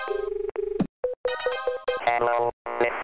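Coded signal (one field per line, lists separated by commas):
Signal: none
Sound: game music beeps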